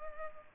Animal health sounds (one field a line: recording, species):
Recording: mosquito wingbeat signal from an infrared sensor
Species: Culex pipiens